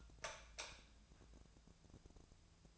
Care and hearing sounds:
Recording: daily activity, microphone in the room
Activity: light off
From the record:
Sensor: 2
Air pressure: 999.9 hPa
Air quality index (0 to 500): 118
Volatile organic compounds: 2 ppm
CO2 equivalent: 1015 ppm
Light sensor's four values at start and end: 35/95/39/43 and 30/77/32/37

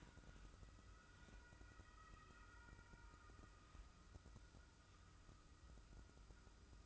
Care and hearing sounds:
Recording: daily activity, microphone in the room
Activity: wipe stove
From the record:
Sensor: 2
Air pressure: 995.9 hPa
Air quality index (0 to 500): 90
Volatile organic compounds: 4 ppm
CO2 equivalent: 1644 ppm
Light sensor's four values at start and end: 22/73/28/27 and 22/73/28/27

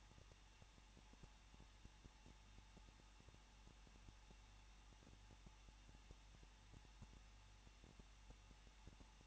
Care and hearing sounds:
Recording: daily activity, microphone in the room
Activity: no activity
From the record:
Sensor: 1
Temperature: 20.1 degrees Celsius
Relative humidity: 39.2%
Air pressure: 1006.3 hPa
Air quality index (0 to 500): 218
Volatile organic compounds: 77 ppm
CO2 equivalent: 3584 ppm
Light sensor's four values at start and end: 1/2/1/1 and 1/2/1/1

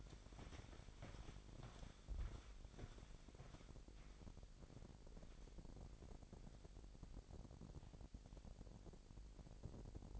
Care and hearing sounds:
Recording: daily activity, microphone in the room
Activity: walk to room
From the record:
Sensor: 5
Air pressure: 1012.3 hPa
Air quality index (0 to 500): 237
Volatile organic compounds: 4 ppm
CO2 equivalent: 1576 ppm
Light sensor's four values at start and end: 53/121/52/55 and 55/128/53/56

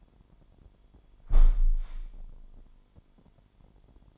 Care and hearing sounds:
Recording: daily activity, microphone in the room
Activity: close window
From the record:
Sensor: 5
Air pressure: 998.5 hPa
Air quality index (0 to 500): 104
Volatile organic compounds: 2 ppm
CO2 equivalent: 1201 ppm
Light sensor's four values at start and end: 40/98/40/46 and 40/98/40/46

